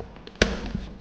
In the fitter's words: Push outward like this And then snap this tower buckle in